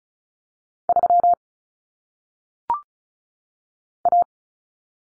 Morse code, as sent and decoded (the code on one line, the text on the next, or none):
...-- / .-
3 A